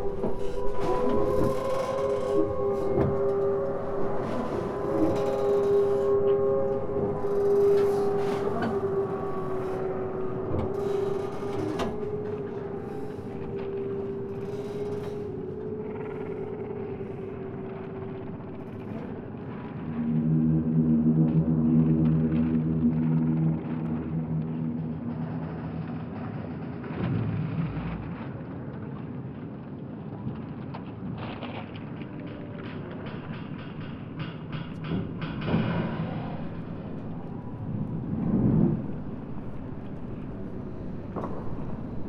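Floating pontoons groan and creak as the water shifts them, with long drawn tones that slide and waver, high in the first fifteen seconds, then lower and throbbing around twenty seconds. Sharp knocks and clanks break in irregularly, especially near 27, 36 and 38 seconds.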